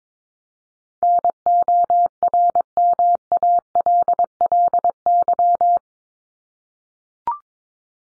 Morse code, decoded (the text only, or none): NORMALLY